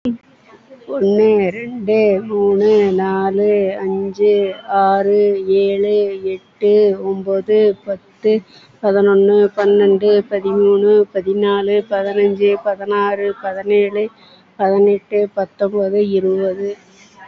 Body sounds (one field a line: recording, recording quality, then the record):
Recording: counting at a normal pace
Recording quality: excellent, no background noise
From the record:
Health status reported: COVID-19 positive, mild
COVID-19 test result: positive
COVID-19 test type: RT-PCR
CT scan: not taken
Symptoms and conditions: cold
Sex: female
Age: 65 years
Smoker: no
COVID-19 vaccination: both doses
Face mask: worn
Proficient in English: yes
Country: India